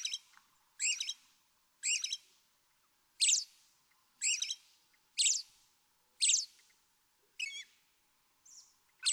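American robin giving high, fast, squeaky warbled phrases at a steady pace of about one per second, with one faint, brief note near the end.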